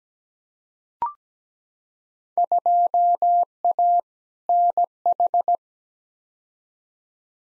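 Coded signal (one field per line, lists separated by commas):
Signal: Morse code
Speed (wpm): 17 wpm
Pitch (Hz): 700 Hz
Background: none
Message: 2A NH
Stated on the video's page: Morse practice drill of simulated Field Day contest exchanges at 17 wpm, each sent twice for head-copy.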